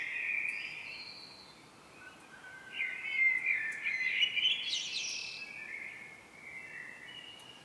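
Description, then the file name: Common blackbird song, a soft opening phrase, then a loud warbled run that climbs into high squeaky twitters before trailing off. "Turdus merula"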